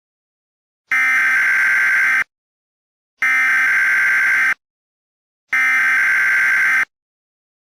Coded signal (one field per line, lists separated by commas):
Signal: Emergency Alert System (SAME) tones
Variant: header bursts